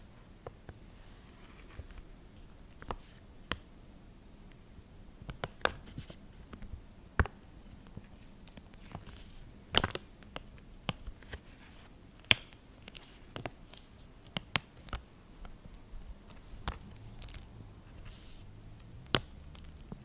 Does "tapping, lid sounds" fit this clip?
yes